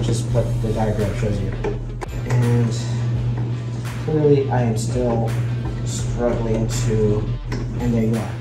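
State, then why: Not seated. Someone talks while handling the folding frame latch on a limited edition Honda Motocompacto compact electric scooter, struggling with its folding mechanism, over a steady low hum. The frame part has not locked in or clicked yet.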